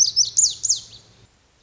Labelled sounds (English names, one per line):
Lazuli Bunting